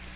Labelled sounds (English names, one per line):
Magnolia Warbler flight call